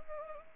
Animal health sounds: mosquito wingbeat signal from an infrared sensor; Anopheles arabiensis

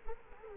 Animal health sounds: mosquito wingbeat signal from an infrared sensor; Culex quinquefasciatus

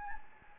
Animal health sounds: mosquito wingbeat signal from an infrared sensor; Anopheles gambiae

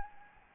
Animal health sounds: mosquito wingbeat signal from an infrared sensor; Anopheles gambiae

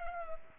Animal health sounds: mosquito wingbeat signal from an infrared sensor; Culex pipiens

